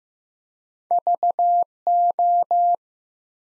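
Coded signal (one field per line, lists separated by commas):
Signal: Morse code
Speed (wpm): 15 wpm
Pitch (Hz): 700 Hz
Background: none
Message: VO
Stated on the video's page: Morse practice at 15 wpm, building 5-letter words one letter at a time.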